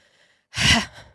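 An adult imitates a child's deep sigh: the sudden sighing breath a boy gave while sitting, a day or two into his COVID-19 illness. It was frightening enough to be mistaken for not breathing, but it was a sigh.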